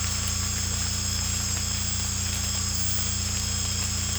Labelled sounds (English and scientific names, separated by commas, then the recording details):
none
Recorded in secondary vegetation near Puerto Asís, Putumayo, Colombia, on 18 December 2024 at 01:00
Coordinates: 0.485, -76.322
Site GP08